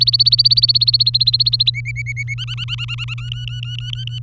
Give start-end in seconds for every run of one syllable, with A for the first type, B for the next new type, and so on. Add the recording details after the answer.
0.00-1.70 A, 1.74-2.34 B, 2.38-3.14 C, 3.18-4.23 D. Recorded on 23 April 2018 at 17:49. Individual llb3